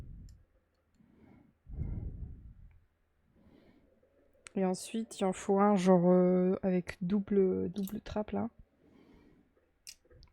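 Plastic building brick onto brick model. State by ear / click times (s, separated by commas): seated / 9.9 s, 10.2 s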